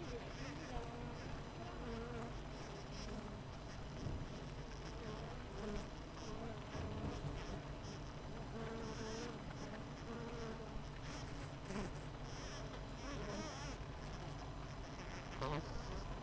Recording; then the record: honeybee colony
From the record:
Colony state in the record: missing queen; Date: 14 July 2017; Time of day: 7:40